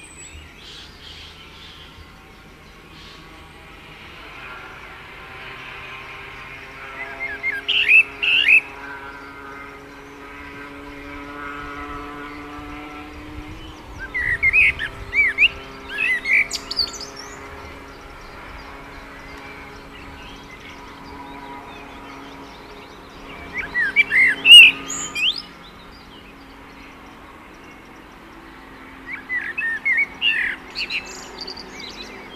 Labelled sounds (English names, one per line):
Common Blackbird song